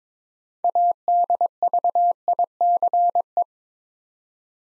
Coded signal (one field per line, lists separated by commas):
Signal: Morse code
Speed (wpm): 21 wpm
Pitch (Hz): 700 Hz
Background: none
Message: ADVICE